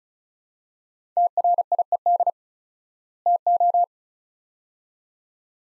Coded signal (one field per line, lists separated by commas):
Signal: Morse code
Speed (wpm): 36 wpm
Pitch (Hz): 700 Hz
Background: none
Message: TRIED TO